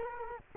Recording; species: mosquito wingbeat signal from an infrared sensor; Culex quinquefasciatus